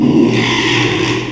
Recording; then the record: squeal of a Yucatan mini pig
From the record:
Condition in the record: after surgery on the right vocal fold (resection and tissue-engineered implant); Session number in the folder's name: 1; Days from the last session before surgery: 6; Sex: male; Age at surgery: 12 weeks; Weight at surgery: 13 kg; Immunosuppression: cyclosporine, prednisolone